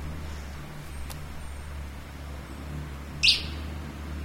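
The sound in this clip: Bird giving a single brief high chirp over a steady low engine-like hum, with a faint click earlier.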